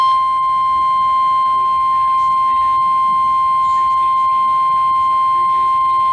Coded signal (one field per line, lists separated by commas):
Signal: Emergency Alert System (SAME) tones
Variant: 1050 Hz attention tone